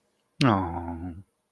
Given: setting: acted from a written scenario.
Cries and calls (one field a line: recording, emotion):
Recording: vocal sound without words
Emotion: adoration